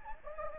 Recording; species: mosquito wingbeat signal from an infrared sensor; Anopheles gambiae